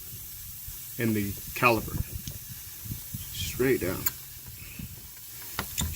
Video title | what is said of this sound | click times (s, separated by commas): Rear brake replacement 2013 Nissan Titan | yep there it is just clicked into place okay | 5.6 s, 5.8 s